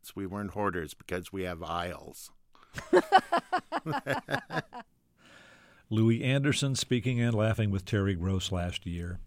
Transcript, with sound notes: We weren't hoarders because we have aisles.
(LAUGHTER)
Louie Anderson speaking and laughing with Terry Gross last year.